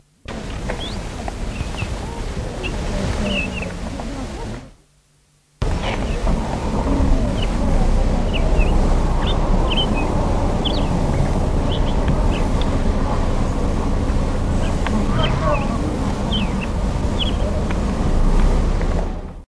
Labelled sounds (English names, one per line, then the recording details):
Blackstart song
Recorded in the wild
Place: En Netafim, IL
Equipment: Halbspur, 9,5 cm/s
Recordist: Lütgens, Hans
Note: Gesang